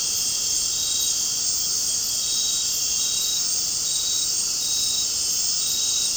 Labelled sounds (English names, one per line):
none